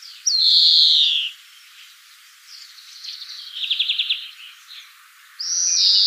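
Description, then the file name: European greenfinch delivering a long falling nasal wheeze, then a soft run of rapid buzzy trill notes, and a second wheeze starting at the end. "Chloris chloris"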